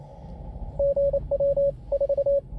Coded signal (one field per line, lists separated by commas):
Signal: Morse code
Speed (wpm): 28 wpm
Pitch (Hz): 560 Hz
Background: radio noise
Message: GW 4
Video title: CW-OPS CWT MINI TEST